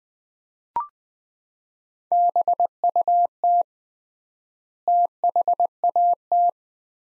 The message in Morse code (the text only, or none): BUT THAT